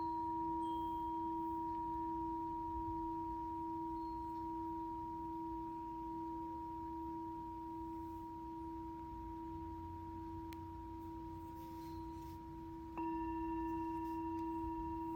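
A Tibetan singing bowl rings with a steady, pure low hum and a clear higher tone, then is struck again near the end, briefly brightening.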